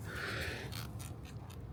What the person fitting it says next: okay I heard the click